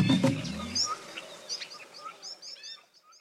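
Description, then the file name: Marmoset chirps, thin high whistled notes repeated rapidly and irregularly, following a brief low rumbling noise at the start. "Un ouistiti"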